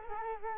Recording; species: mosquito wingbeat signal from an infrared sensor; Culex quinquefasciatus